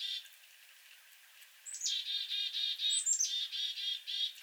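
Black-capped chickadee calling: quiet at first, then a few high sliding chick-a notes followed by a long run of harsh, buzzy dee notes repeated rapidly.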